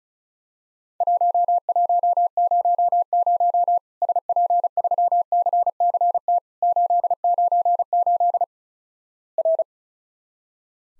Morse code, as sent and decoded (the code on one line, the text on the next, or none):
.---- .---- ----- ----- / ... .--. ...-- -.-. -.-. - / ---.. ----. ---.. / .-.
1100 SP3CCT 898 R